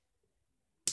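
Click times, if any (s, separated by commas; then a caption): 0.9 s. A plastic weapon accessory for a Warrior Fracture RID 2015 transforming robot toy has a part folded into position, and its joint snaps home. After near silence with only faint low handling sounds, a single sharp, bright click sounds at 0.9 s. The weapon joint seats in place.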